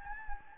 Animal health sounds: mosquito wingbeat signal from an infrared sensor; Anopheles gambiae

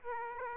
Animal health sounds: mosquito wingbeat signal from an infrared sensor; Aedes aegypti

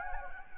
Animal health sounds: mosquito wingbeat signal from an infrared sensor; Anopheles gambiae

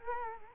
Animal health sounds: mosquito wingbeat signal from an infrared sensor; Culex quinquefasciatus

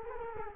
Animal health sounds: mosquito wingbeat signal from an infrared sensor; Culex quinquefasciatus

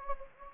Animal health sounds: mosquito wingbeat signal from an infrared sensor; Anopheles gambiae

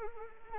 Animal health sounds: mosquito wingbeat signal from an infrared sensor; Anopheles arabiensis

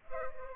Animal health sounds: mosquito wingbeat signal from an infrared sensor; Culex pipiens

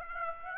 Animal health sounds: mosquito wingbeat signal from an infrared sensor; Aedes aegypti

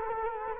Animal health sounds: mosquito wingbeat signal from an infrared sensor; Culex quinquefasciatus

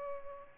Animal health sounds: mosquito wingbeat signal from an infrared sensor; Culex pipiens

